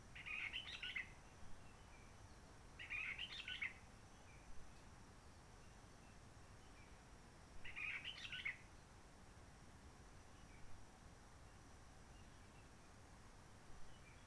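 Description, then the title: Réunion bulbul song of three short chattering phrases, the last after a longer gap. Roche Merveilleuse forest, Réunion; quiet since 19 March 2020 lockdown, no visitors, microlights or helicopters; sunny; birds not very active; sings simpler short phrases, adapted to past air-tourism noise. "Roche Merveilleuse, Réunion - Merle de lîle de la Réunion."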